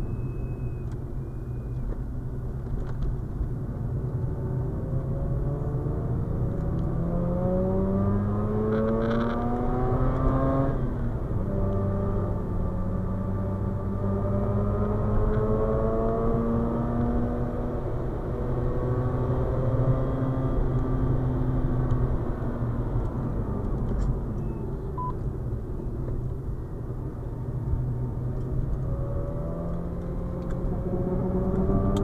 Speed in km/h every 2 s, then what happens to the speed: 39, 40, 50, 68, 86, 87, 90, 102, 109, 117, 105, 66, 52, 49, 57, 68.
0-17 speeds up to 117. 19-25 brakes to 49. 25-32 speeds up to 68.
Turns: 0-6, 27-32.